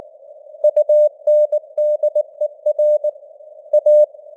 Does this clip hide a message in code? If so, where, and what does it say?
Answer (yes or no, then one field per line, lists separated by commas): yes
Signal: Morse code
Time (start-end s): 0.6-4.0 s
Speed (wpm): 19 wpm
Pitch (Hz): 600 Hz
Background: none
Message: UNDER A